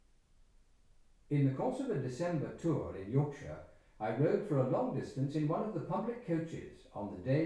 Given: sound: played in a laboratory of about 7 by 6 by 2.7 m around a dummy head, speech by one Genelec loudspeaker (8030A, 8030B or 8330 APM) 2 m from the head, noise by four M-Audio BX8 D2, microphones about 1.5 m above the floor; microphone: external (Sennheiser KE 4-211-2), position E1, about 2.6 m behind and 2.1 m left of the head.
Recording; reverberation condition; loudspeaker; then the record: male speech in English; medium; 150 degrees to the left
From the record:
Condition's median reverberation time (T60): about 510 ms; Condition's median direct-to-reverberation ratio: about -0.5 dB